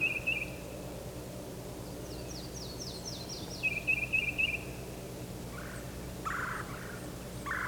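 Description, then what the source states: Titmouse calls: a series of thin high falling notes, rapid chipping trills and a few harsh buzzy notes, over a constant low hum. Two or three titmice flying a little to the south, giving flight calls.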